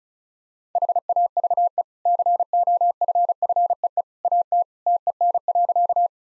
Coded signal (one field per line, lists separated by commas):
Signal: Morse code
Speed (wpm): 34 wpm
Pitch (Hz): 700 Hz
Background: none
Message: HAVE COFFEE AT TEN.